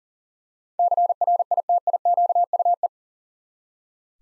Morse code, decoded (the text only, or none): CRITIQUE